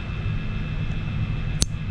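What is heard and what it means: The side port door of a GoPro Hero 5 Session action camera is pushed shut after charging: the cable is unplugged, the door is put back, twisted, then pressed closed. Over a steady low rumble and hiss, a single sharp click is heard at 1.6 s as the door seats.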